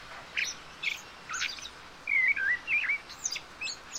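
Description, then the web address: Common blackbird fluty warbled phrases around the middle, rising and falling, among high thin chirps. "SETE data Turdus merula"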